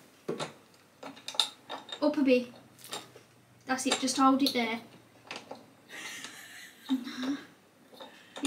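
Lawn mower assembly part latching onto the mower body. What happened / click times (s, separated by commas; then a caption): The mower part fails to latch onto the body / none. While a lawn mower is being assembled, a part is pushed down and held in place to latch onto the mower body as someone talks, with scattered short knocks and plastic-and-metal handling sounds throughout. The part does not latch, and another fitting is then loosened; nothing has seated or clicked yet.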